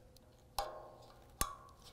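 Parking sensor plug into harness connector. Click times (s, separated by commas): 0.6 s, 1.4 s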